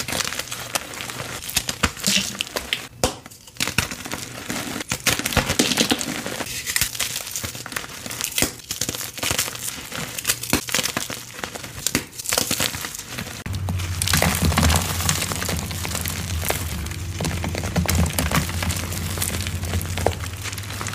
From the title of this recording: Random Gym Chalk Crushes